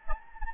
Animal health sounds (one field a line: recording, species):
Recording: mosquito wingbeat signal from an infrared sensor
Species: Anopheles gambiae